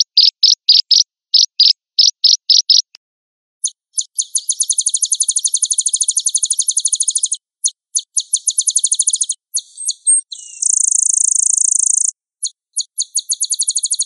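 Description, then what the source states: Sunbird singing high chippy notes in short groups, then rapid buzzy trills and a sustained high hissing buzz. Used to lure birds.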